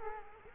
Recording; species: mosquito wingbeat signal from an infrared sensor; Culex quinquefasciatus